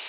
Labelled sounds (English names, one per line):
Prairie Warbler flight call